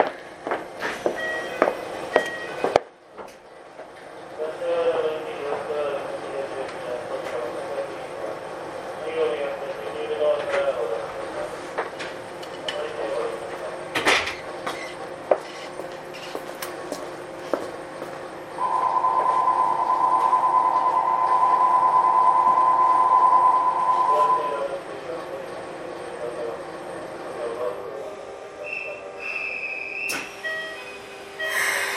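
Interior of a Keikyu New 1000 series aluminum train between Yokohama and Misakiguchi, with a steady low rumble and clicks and knocks in the first few seconds. A sharp bang comes near fourteen seconds, and a steady mid-pitched tone sounds from about nineteen to twenty-four seconds before the noise thins out.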